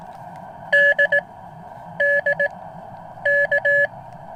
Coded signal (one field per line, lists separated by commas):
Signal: Morse code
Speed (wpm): 18 wpm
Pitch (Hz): 1700 Hz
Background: none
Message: D D K